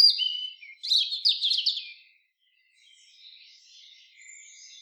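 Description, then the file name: European robin song, a short burst of high thin whistles and quick tumbling trills, then softer warbling notes after a brief pause. "Erithacus rubecula"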